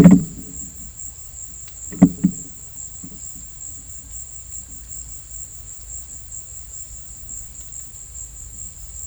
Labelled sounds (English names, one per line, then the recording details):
none
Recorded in secondary vegetation near Puerto Asís, Putumayo, Colombia, on 4 March 2025 at 15:00
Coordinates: 0.498, -76.327
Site G001